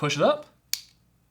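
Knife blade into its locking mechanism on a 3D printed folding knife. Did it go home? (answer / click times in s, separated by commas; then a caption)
yes / 0.7 s. The blade of a small 3D printed plastic folding knife is pushed up into its locking mechanism while someone talks. A single sharp snap is heard at 0.7 s as the blade locks open and seats in place.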